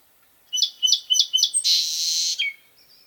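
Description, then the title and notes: Song Sparrow song: several repeated introductory notes, then a dense buzzy trill, ending in a short lower note, in a quiet background. Song sparrow song recorded by Paul Marvin, from xeno-canto. "Opening song sparrow song by Paul Marvin"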